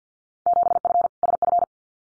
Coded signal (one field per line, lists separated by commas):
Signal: Morse code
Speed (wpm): 48 wpm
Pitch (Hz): 700 Hz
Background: none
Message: 7F SF